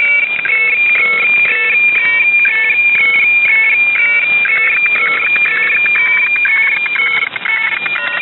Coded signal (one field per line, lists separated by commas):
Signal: weather fax (radiofax)